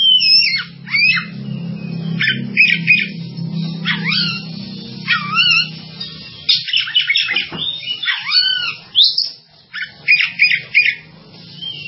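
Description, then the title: Java sparrow song of sharp chirps and downward-swooping whistled notes in clustered bursts, over a steady low hum early on. "kicau gelatik"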